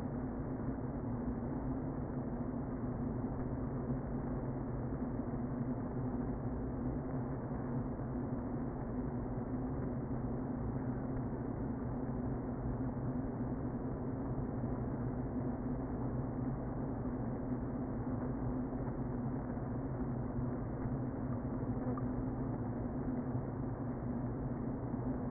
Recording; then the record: honeybee colony, microphone inside the hive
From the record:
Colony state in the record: queen present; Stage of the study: before two queens were removed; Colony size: about 60,000 bees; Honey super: yes